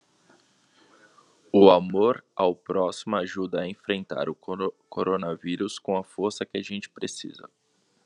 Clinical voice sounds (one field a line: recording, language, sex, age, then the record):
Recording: spoken sentence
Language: Brazilian Portuguese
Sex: male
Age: 30 to 39 years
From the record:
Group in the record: control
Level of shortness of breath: 0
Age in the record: 31 years